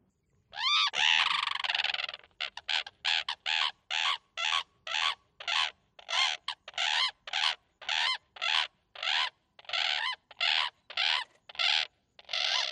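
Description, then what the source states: Brolga trumpeting: one long, loud, rasping opening note, then a fast run of short, harsh, loud trumpet blasts, about two every second, continuing steadily. Brolgas trumpeting loudly, as they do when pausing in their dance; recorded by Andrew Spencer.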